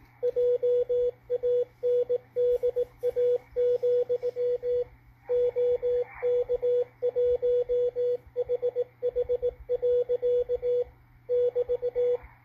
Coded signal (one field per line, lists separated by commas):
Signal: Morse code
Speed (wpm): 18 wpm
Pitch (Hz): 490 Hz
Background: radio noise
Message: JANDA, OK1HH. <BT>